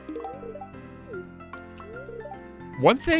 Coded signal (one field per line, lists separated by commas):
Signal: none